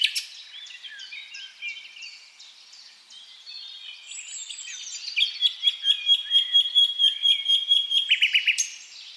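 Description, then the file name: Common nightingale song: varied high chirps and whistles, then a long fast series of repeated pulsing notes near the end. "Luscinia megarhynchos"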